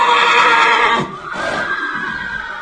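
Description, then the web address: Horse neighing: a loud, shrill whinny with strong harmonics for about a second, then a quieter whinny that trails off. "dzwieki apolinarski konie"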